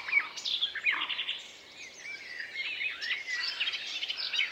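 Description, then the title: Birds chirping, whistling and trilling together, mostly high, overlapping phrases with brief slurred whistles. Many birds singing together in a forest. "Звуки птиц в лесу. pleasant carefree many-voiced singing of birds in the forest"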